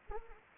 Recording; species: mosquito wingbeat signal from an infrared sensor; Anopheles arabiensis